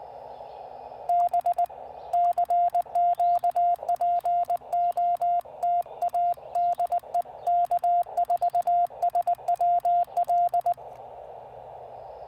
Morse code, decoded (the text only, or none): B CQ POTA DE K4SWL